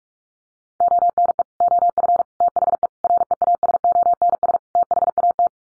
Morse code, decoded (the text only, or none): ONE OF THE REASONS THAT